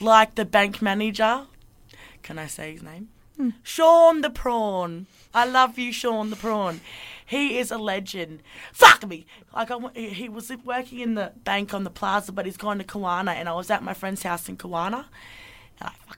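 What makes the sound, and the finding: Adult woman speaking. Tourette syndrome vocal tics (coprolalia).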